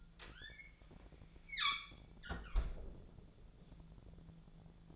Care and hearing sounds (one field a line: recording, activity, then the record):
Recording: daily activity, microphone in the room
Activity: close fridge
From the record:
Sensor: 5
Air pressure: 1000.2 hPa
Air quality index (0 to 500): 103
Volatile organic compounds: 1 ppm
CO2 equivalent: 833 ppm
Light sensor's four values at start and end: 232/550/234/256 and 229/543/232/253